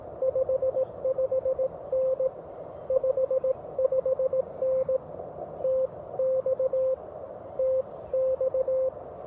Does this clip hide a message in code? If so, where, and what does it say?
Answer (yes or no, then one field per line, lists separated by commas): yes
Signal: Morse code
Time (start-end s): 0.2-8.9 s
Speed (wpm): 17 wpm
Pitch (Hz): 530 Hz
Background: none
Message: 55N 55N TX TX